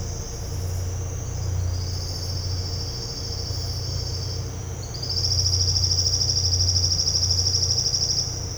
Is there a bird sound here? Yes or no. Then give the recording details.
no. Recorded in dense forest near Puerto Asís, Putumayo, Colombia, on 13 March 2025 at 08:30. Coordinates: 0.468, -76.322. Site GP01